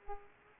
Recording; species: mosquito wingbeat signal from an infrared sensor; Culex pipiens